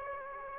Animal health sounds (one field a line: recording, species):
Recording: mosquito wingbeat signal from an infrared sensor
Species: Aedes aegypti